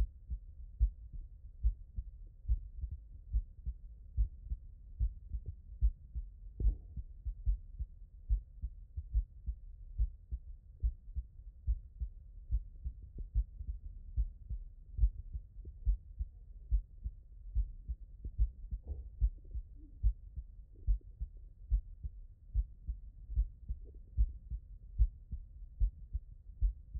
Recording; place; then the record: heart sounds by stethoscope; tricuspid valve (TV)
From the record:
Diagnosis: non-HFrEF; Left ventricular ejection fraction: 43%